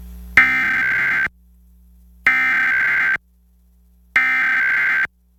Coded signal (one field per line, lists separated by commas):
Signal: Emergency Alert System (SAME) tones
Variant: header bursts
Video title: National Periodic Test on WYFF (EAS #652)